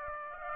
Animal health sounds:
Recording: mosquito wingbeat signal from an infrared sensor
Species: Aedes aegypti

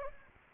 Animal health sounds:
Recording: mosquito wingbeat signal from an infrared sensor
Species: Anopheles gambiae

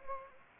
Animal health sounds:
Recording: mosquito wingbeat signal from an infrared sensor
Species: Anopheles gambiae

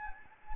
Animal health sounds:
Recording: mosquito wingbeat signal from an infrared sensor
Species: Anopheles gambiae

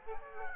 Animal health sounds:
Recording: mosquito wingbeat signal from an infrared sensor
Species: Aedes aegypti

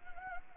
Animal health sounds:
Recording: mosquito wingbeat signal from an infrared sensor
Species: Anopheles gambiae

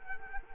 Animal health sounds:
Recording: mosquito wingbeat signal from an infrared sensor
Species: Culex quinquefasciatus

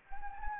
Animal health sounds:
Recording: mosquito wingbeat signal from an infrared sensor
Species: Anopheles gambiae

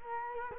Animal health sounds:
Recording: mosquito wingbeat signal from an infrared sensor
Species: Culex quinquefasciatus

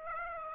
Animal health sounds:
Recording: mosquito wingbeat signal from an infrared sensor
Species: Aedes aegypti

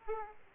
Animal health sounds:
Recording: mosquito wingbeat signal from an infrared sensor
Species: Aedes aegypti

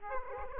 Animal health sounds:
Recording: mosquito wingbeat signal from an infrared sensor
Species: Aedes aegypti

